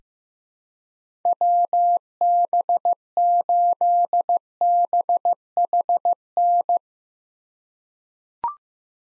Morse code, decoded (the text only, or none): WB8BHN